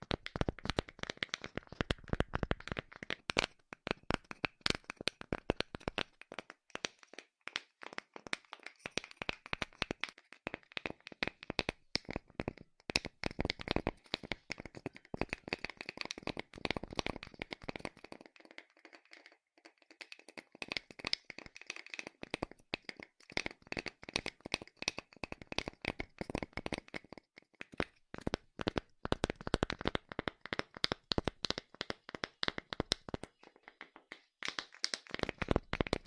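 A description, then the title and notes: Rapid, dense tapping runs throughout, sharp clicking strikes coming in quick uneven bursts with brief pauses. The taps are crisp and bright with some lower body, and the rhythm thins out around the twenty-second mark before picking back up. Charming Tapping.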